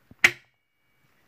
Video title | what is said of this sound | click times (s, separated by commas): Marching snare project update! | then once you slide it out locks in place | 0.2 s